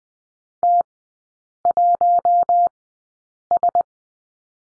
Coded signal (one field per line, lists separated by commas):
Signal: Morse code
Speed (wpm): 20 wpm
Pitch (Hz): 700 Hz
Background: none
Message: T1S